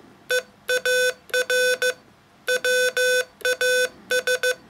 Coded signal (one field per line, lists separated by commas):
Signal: Morse code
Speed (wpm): 15 wpm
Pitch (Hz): 500 Hz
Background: none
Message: EAR WAS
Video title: 33. Father's Day Special: Poetry in Morse - SOUNDsculptures (ASMR)